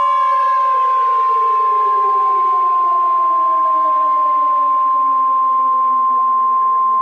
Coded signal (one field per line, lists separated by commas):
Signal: Emergency Alert System (SAME) tones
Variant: 853 and 960 Hz attention tone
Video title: EAS Halloween Promo